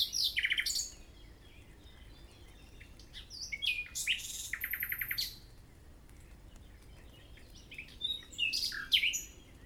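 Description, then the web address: Common nightingale singing varied phrases, including a fast rattling trill of repeated notes, separated by pauses. "SETE data Luscinia megarhynchos"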